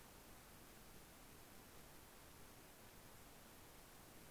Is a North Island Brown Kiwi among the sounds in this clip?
no